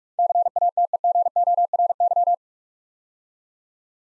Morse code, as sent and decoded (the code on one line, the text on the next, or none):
-.-. .- - . --. --- .-. -.--
CATEGORY